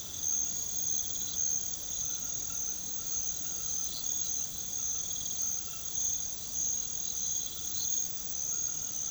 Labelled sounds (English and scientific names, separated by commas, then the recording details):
none
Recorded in pastures near Puerto Asís, Putumayo, Colombia, on 8 March 2025 at 23:00
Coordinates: 0.486, -76.323
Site G075